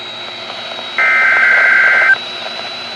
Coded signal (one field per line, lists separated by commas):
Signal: Emergency Alert System (SAME) tones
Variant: header bursts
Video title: WORCESTER'S WAKE UP CALL... | EAS Alerts from 8/8/23 Morning Severe Weather Event (EAS #556-577)